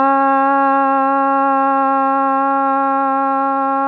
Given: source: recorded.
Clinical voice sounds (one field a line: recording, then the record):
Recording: sustained vowel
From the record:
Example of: healthy voice